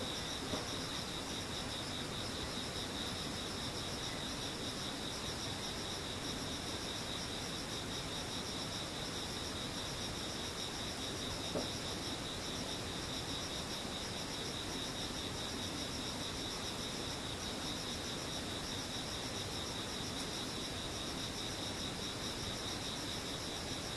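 Insects drone in a steady, dense chorus of high, even trilling bands that holds unchanged for the whole stretch, with a faint low hum beneath.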